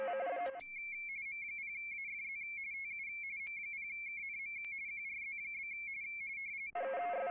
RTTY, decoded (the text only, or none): M0AFZ TU M0KNM QRZ?